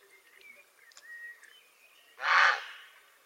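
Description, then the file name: Grey heron giving a single harsh, hoarse croak near the end, with faint thin whistles from small birds in the quiet moments before it. "Czapla Siwa"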